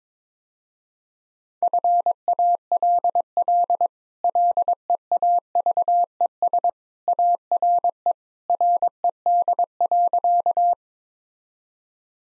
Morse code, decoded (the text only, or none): FALL LEAVES ARE RED.